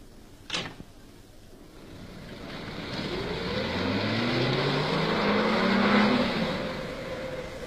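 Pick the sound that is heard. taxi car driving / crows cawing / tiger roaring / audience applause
taxi car driving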